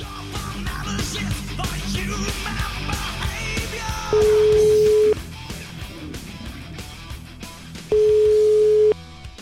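Two steady, mid-pitched telephone ringing tones, each lasting about a second and spaced several seconds apart, sound loudly over a busy musical background as a call is placed.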